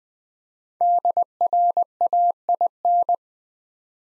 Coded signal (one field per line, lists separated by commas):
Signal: Morse code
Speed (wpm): 20 wpm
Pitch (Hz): 700 Hz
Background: none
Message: DRAIN